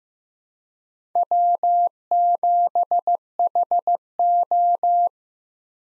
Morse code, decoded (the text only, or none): W7HO